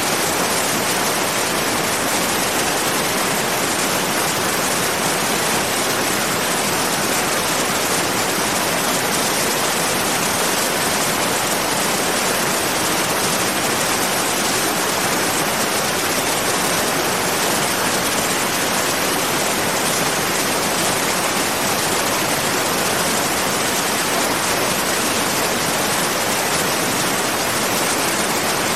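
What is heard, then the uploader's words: A waterfall pours in a dense, unbroken rush that holds steady for the whole half minute. The roar is bright and hissing, weighted toward the upper range with little deep rumble. No other sounds break through the constant wash. Calming Ambience of a Waterfall.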